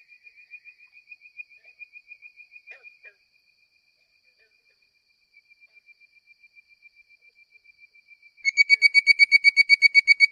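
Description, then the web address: Bird-voiced treefrog calling: long series of quick, evenly pulsed whistled notes, soft at first, then a louder, richer burst of rapid pulsed whistles near the end. "Frog Hyla Avivoca"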